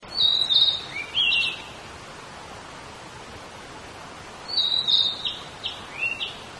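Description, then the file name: Narcissus flycatcher giving two short phrases of high, thin notes with a lower slurred whistle, about four seconds apart, against a steady hiss of background noise. "fnarcissina"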